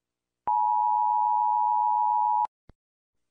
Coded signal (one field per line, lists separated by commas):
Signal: Emergency Alert System (SAME) tones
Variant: 853 and 960 Hz attention tone